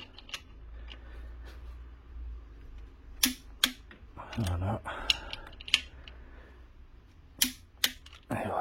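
A torque wrench set to 50 Nm tightens an engine mount bolt into the subframe during replacement of the lower and upper engine mounts (1K0199867C and B) on a 2016 VW Sharan 7N2. The wrench gives two sharp clicks at 3.2 s and 3.6 s as it reaches the 50 Nm setting, and two more similar sharp clicks follow at about 7.4 s and 7.9 s. Someone talks briefly over quiet background noise.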